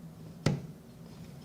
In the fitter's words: I'd say that was a pretty good click and then if you want to test it you